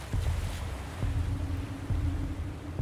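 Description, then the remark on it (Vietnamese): Loud, rumbling waves crash in steady surges about once a second as wind roars underneath, rocking a boat on a river, with a faint low hum running through the turbulent wash. No voices are heard. “Tiếng sóng ở đâu bỗng dưng ùa dậy, nghe như tiếng sóng biển giận dữ.”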